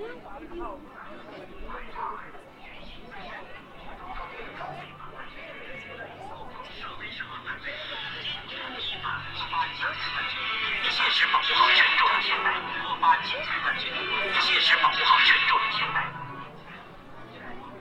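At Hongya Cave in Chongqing, a dense crowd murmurs with overlapping voices, swelling louder around twelve and fifteen seconds, with a low rumble beneath.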